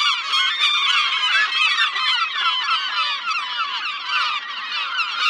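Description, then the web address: Gull flock in a continuous clamour of piercing, quickly repeated overlapping cries, with no break and no other sounds. "seagulls"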